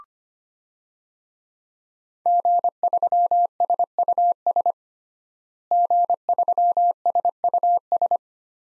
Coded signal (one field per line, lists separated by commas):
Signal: Morse code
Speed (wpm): 25 wpm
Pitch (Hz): 700 Hz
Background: none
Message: G3SUS G3SUS